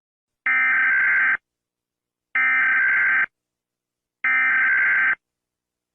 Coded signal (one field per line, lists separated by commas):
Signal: Emergency Alert System (SAME) tones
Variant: header bursts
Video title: United States EAS Alarm Mock (Wubbox Warning)